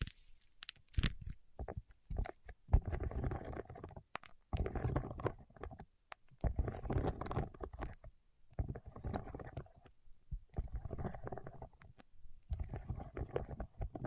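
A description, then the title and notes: Wax fingertips rub and squeak in uneven bursts of soft friction, with sharp clicks early on and brief silent pauses between strokes. ASMR with Wax Fingertips for Sleep (No Talking).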